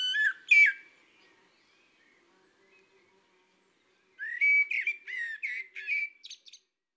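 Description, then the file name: Common blackbird: a brief whistled phrase, a long pause, then a longer run of liquid warbling notes ending in thin high squeaks. "le merle"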